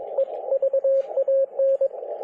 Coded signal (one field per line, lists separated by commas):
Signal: Morse code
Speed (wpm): 23 wpm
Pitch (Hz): 590 Hz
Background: radio noise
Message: EVAN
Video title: POTA from Tangier Island: Part 1